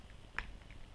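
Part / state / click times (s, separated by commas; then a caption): battery into drone body / not seated / none. A battery is wiggled into the nose of a Parrot Bebop drone body under the velcro strap and held in place with a finger. Only faint, soft handling sounds are heard, with one brief light tap near 0.4 s. It goes on without any latch, and nothing has clicked or seated yet.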